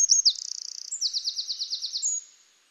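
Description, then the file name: Eurasian wren song fragment: a dry buzzy rattle, then a quick series of high repeated notes ending on a thin whistle. "Troglodytes troglodytes"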